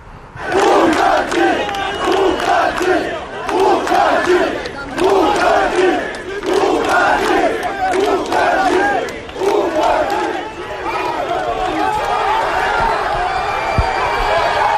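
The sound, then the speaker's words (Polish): A large crowd of protesters in Minsk, Belarus, chants a short rallying cry meaning "Go away!" in unison, repeating it in a steady rhythmic pattern of loud bursts, with continuous crowd noise filling the gaps between shouts. “I wreszcie okrzyk, symbol tych protestów.”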